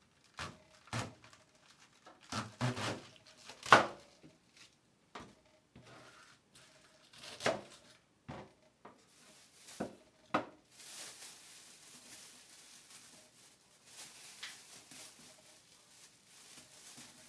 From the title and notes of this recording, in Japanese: 環境音 ナスのトマト煮込み。ベーコンの代わりにちくわをいれてみました。